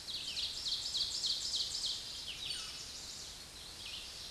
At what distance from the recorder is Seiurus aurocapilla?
about 25 m